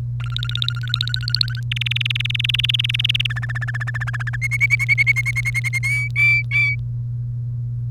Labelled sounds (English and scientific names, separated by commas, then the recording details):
Domestic Canary (Serinus canaria) song
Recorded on 1 May 2018 at 08:25
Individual llb3